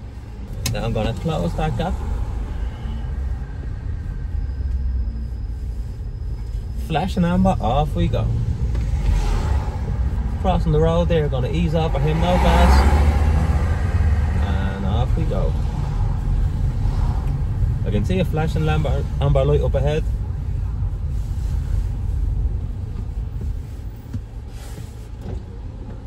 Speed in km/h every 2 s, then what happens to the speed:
0, 4, 7, 8, 18, 14, 14, 22, 19, 16, 12, 7, 0.
0-8 pulls away to 18. 8-14 steady at about 14. 14-23 slows to 0. 23-26 standing.